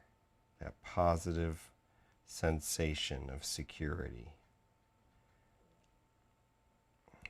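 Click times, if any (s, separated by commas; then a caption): 7.2 s. Someone talks while pushing a plastic wire connector on a smaller wire into an LED light lead plug. After the talking stops and a short quiet stretch, a sharp click is heard at 7.3 seconds as the connector seats.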